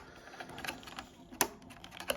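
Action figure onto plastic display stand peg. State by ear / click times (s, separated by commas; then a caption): seated / 1.4 s. A McFarlane Toys DC Multiverse Superman (Action Comics 1000) action figure is pushed onto the peg of its plastic display stand amid light handling noises. A strong, sharp click at 1.4 s marks the figure seating in place on the stand.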